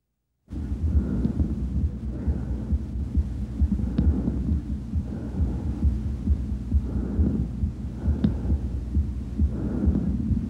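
Harsh, hollow breath sounds in repeating cycles over a steady low rumble: bronchial breathing heard over the left lower lobe of the chest.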